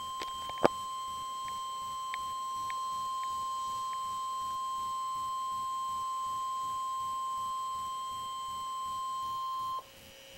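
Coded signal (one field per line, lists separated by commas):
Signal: Emergency Alert System (SAME) tones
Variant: 1050 Hz attention tone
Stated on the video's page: NOAA Weather Radio Flood Warning, real alert.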